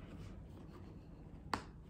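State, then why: Seated. A snap fastener on a handbag or accessory is pressed again after a failed try to close it. Over a quiet, low background, a single sharp, loud click sounds at 1.5 seconds as the snap closure snaps shut and seats.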